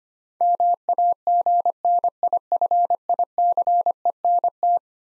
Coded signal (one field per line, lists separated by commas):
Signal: Morse code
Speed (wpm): 25 wpm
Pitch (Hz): 700 Hz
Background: none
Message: MAGNIFICENT